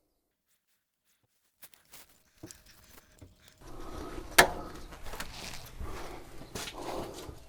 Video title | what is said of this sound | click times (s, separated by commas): Intermittent Electrical Issues on a Triumph Rocket 3 Motorbike | Nice positive click there. | 4.4 s